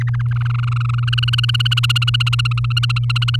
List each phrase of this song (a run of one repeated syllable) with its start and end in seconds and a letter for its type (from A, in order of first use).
0.01-1.05 A, 1.07-3.36 B